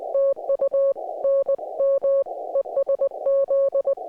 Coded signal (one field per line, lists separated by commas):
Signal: Morse code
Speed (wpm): 20 wpm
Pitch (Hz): 560 Hz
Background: music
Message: TU NM ESZ